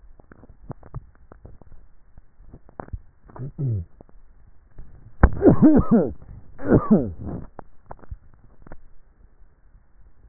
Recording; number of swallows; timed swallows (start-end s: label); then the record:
swallowing sounds by neck microphone; 4
0.78-2.08 s: swallow
2.72-3.45 s: swallow
4.32-5.18 s: swallow
7.92-8.75 s: swallow
From the record:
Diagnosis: dysphagia